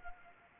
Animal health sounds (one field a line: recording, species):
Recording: mosquito wingbeat signal from an infrared sensor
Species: Anopheles arabiensis